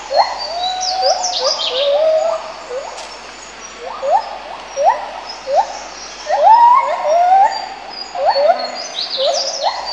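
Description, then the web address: Monkey calls: repeated rising whooping notes in series, with fainter higher squeals overlapping. "Zero-G Ambient 1 PRIMATES MONKEYS"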